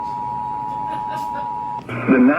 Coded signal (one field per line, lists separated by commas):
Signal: Emergency Alert System (SAME) tones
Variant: 853 and 960 Hz attention tone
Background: speech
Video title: Flash Flood Warning on WNKN-HD1 & HD2 105.9 FM (EAS #4900-4901)